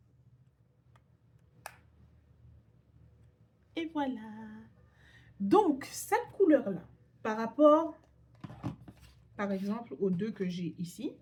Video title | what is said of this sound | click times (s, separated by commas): Unboxing Sephora | Donc, il suffit de l'ouvrir comme ça. Ça se clipse. | 1.7 s